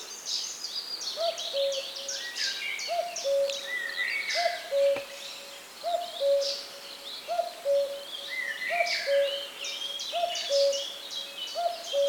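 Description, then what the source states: Common cuckoo repeating a steady falling cu-coo about every one and a half seconds, eight calls in all, over busy chirping of other songbirds and one sharp click. Recorded on 10 June 2018.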